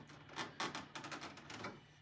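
A driver is worked into a screw holding the chrome bug deflector on the truck hood, reached under the rubber seal at the front of the truck. Short metallic hits at 0.6, 0.8 and 1.0 seconds are the driver slipping in the screw head. The screw head is stripped out and will need another way to get it out.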